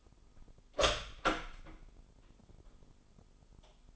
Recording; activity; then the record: daily activity, microphone in the room; open door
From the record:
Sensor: 5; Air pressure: 996.3 hPa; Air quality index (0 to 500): 33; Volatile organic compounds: 1 ppm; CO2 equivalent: 578 ppm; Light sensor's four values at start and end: 43/101/42/44 and 43/101/42/44